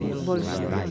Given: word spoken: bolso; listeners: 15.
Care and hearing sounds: one Spanish word in noise, from a listening test; eight-talker babble; 0.4 dB; 6 of 15; 8 of 15; 0.51 s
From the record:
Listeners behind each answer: 8, 6, 1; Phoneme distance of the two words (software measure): 10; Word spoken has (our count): 2 syllables, 5 phonemes, stress on syllable 1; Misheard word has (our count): 2 syllables, 5 phonemes, stress on syllable 1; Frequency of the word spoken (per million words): 9.85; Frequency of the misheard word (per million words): 53.53

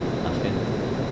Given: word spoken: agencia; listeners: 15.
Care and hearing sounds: one Spanish word in noise, from a listening test; speech-shaped noise; -6.8 dB; 2 of 15; 8 of 15; 0.71 s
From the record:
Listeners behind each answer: 8, 2, 1, 1, 1, 1, 1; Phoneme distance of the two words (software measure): 27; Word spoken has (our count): 3 syllables, 7 phonemes, stress on syllable 2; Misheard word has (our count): 3 syllables, 6 phonemes, stress on syllable 2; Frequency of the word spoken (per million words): 49.58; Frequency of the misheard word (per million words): 37.29

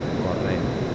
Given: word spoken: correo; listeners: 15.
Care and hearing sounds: one Spanish word in noise, from a listening test; speech-shaped noise; -4.1 dB; 0 of 15; 15 of 15; 0.55 s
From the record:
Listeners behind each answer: 15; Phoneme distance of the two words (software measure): 14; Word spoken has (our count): 3 syllables, 5 phonemes, stress on syllable 2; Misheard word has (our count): 2 syllables, 5 phonemes, stress on syllable 2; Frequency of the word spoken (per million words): 28.56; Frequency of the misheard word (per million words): 37.98

